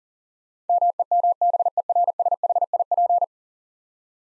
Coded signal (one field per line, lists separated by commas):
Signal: Morse code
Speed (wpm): 40 wpm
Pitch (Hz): 700 Hz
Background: none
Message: MEMBERSHIP